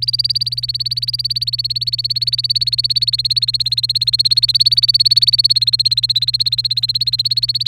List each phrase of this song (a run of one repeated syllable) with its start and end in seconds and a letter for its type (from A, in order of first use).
0.00-7.67 A